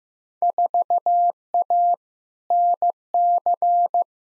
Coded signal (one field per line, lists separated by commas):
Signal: Morse code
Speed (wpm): 16 wpm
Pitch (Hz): 700 Hz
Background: none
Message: 4A NC